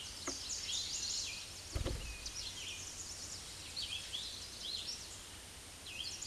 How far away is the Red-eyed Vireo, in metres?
about 15 m